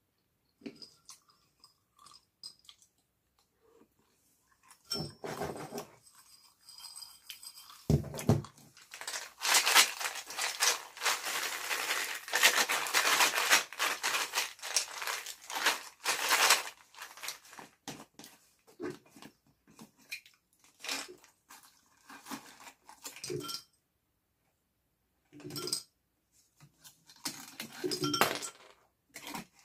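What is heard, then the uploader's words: Peanuts are crunched and chewed in bursts, with light clinks and rustling as the jar and paper towels are handled. The densest stretch runs from about eight to sixteen seconds, bright and crackly. After that come shorter, sparser crunches separated by silent pauses. Eating chewing and crunching on peanuts and drinking bottle water. Crunching, chewing fresh container jar of peanuts, drinking bottle water, paper towels.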